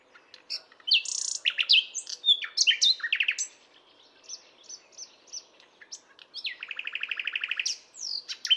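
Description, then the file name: Common nightingale song: rich varied phrases of whistles, buzzy notes and rapid clicking trills, ending with a fast repeated rattling burst. "Luscinia megarhynchos"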